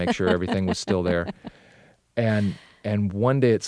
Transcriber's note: soundbite of laughter